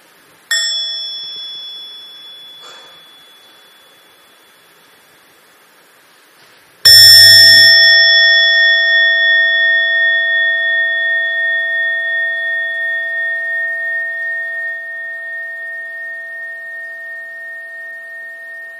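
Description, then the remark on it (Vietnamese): A mindfulness bell used in Buddhist practice gets a soft, brief tap, then after a pause a full, loud strike that rings out in a long, steady, slowly pulsing hum fading over many seconds. “Và khi mà nghe tiếng chuông tròn đầy thì mọi người đều thực tập với nhau 3 hơi thở vào và ra cho thật sâu.”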